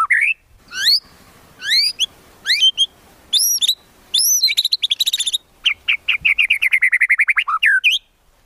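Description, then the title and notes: White-rumped shama song, loud and varied: sharply rising whistles, high slurred notes and a fast rhythmic series of repeated downslurred notes near the end. Lure recording used for trapping. "Pikat Murai Batu. Burung Murai Batu"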